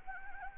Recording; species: mosquito wingbeat signal from an infrared sensor; Anopheles arabiensis